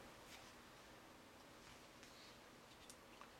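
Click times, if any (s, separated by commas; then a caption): 2.9 s, 3.2 s. During reassembly of a GRECOM PSR-310 handheld radio scanner, the PCB assembly is lined up by its pin connectors (one connector plus two two-pin connectors) and pressed down into the radio housing. Over a quiet background with a soft rustle near 2.0 seconds, two short, sharp clicks sound at 2.9 and 3.2 seconds as the board snaps in and seats.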